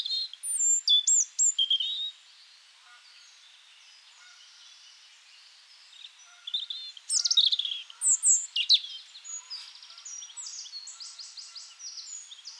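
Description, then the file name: European robin song in two high, varied phrases of thin whistles and quick twittering trills, separated by a few seconds of quiet, with softer notes trailing off. "Erithacus rubecula"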